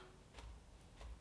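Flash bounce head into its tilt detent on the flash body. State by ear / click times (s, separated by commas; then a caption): seated / 0.4 s. The bounce head of a Yongnuo 560 MK3 flash is tilted down to its lowest angle position and clicks into its tilt detent on the flash body at 0.4 s. A second, softer tick follows around 1.0 s. The head is seated and stable with no play.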